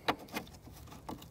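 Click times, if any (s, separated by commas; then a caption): none. The intake air temperature sensor electrical connector on the intake piping of a Banks ram air intake system 42210 on a 1999–2003 7.3L Ford Super Duty is handled as it is being reconnected. Brief plastic handling taps and rustles sound around 0.1 s, 0.4 s and 1.1 s over quiet background noise. The connector has not seated or clicked in yet.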